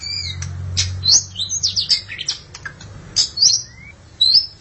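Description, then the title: Magpie-robin or shama song, a lively run of high, sharp whistled and chirped notes with quick upward slurs, delivered in bursts separated by brief pauses, over a faint low hum. "BM Suara Burung Murai"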